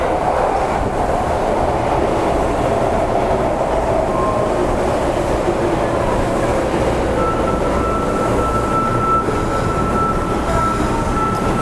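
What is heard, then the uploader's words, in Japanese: A subway train runs through a busy underground station, its dense, steady rumble filling the whole clip. A short high tone sounds near the four-second mark, and from about seven seconds a thin, bright whine holds to the end. 心斎橋駅の音風景（大阪市営地下鉄 御堂筋線）。朝のラッシュが終わりかけの９時前後に収録しました。短い間隔で発着する電車の情景。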